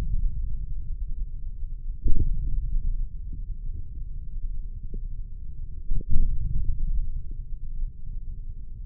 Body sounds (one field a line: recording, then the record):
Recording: forearm muscle sounds (acoustic myography)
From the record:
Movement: hand opening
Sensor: system 3, bracelet of six PUI Audio POM-2738L microphones around the upper forearm, with dedicated amplification and filtering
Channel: 5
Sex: male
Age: 55 years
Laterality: right